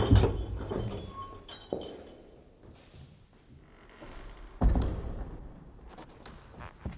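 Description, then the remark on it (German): A church door creaks open with a thin, high squeak that slides in pitch, framed by dull thumps at the start and again a few seconds later, with no voices. “Doch zu ihrem Erstaunen ließ sich die Tür mit einem leisen Quietschen öffnen.”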